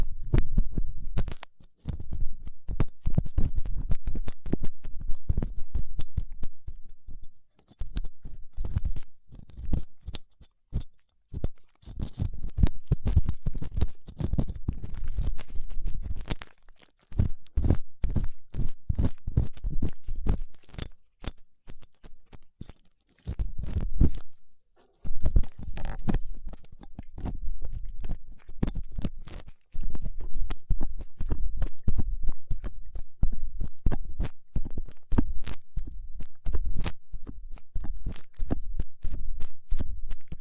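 Ear cleaning with latex gloves, a dental pick and cotton swabs: a dense run of sharp crackling scratches and clicks over a low, muffled rumble. The crackling comes in irregular bursts with brief pauses, most noticeably around eight, eleven and twenty-four seconds.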